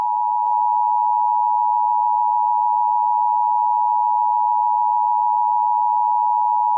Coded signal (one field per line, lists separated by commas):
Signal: Emergency Alert System (SAME) tones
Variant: 853 and 960 Hz attention tone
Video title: EAS Scenario Teaser